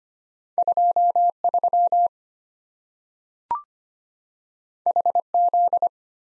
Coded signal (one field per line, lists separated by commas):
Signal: Morse code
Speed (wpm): 25 wpm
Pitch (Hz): 700 Hz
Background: none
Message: 23 HZ